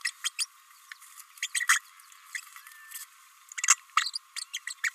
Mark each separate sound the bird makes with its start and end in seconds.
0.24-0.30, 0.38-0.46, 1.42-1.48, 1.54-1.67, 2.34-2.40, 3.68-3.76, 3.97-4.18, 4.36-4.44, 4.53-4.60, 4.67-4.74, 4.83-4.90